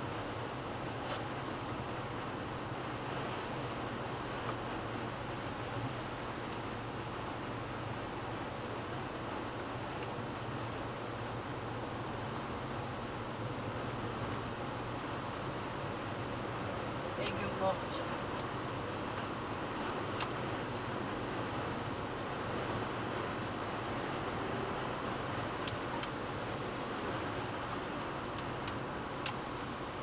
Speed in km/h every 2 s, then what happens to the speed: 119, 122, 122, 121, 122, 123, 124, 125, 126, 127, 126, 127, 126, 127, 127.
0-30 steady at about 125.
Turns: none.